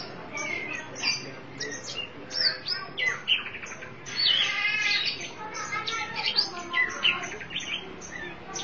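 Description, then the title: Oriental magpie-robin giving a busy stream of sharp chips, trilled buzzes and thin whistles, loudest in the middle, over soft hum. Chirping song (kicauan) of the bird. "Suara Kicauan Burung Kacer Durasi Panjang"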